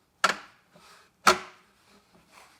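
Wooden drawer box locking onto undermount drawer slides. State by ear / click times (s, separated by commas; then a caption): seated / 0.2 s. A wooden drawer box resting on undermount drawer slides is pushed back until its locking devices click onto the slides, with a sharp click at 0.3 s and a second similar sharp click at about 1.3 s, each followed by fainter, softer sounds. The drawer is locked onto the slides and seated.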